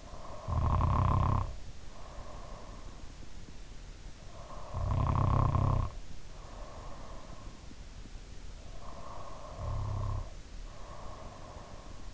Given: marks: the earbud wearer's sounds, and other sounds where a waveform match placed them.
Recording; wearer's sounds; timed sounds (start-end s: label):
sounds in sleep by an in-ear microphone; snoring breath
0.00-2.86 s: snoring breath
4.07-7.47 s: snoring breath
8.67-12.14 s: snoring breath